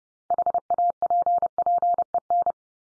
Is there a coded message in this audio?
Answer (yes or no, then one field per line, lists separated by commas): yes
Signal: Morse code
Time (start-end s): 0.3-2.5 s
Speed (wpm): 30 wpm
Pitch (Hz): 700 Hz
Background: none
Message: HAPPEN